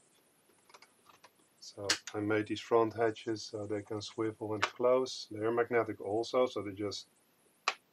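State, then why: Seated. A magnetic front hatch on a Heng Long King Tiger RC tank hull is swivelled shut by hand while someone talks, with a few faint small clicks near the start. The hatch snaps into place with a sharp click at 7.7 s and is seated.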